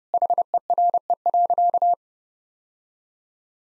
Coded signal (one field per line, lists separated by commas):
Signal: Morse code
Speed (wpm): 30 wpm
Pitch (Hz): 700 Hz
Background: none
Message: HERE.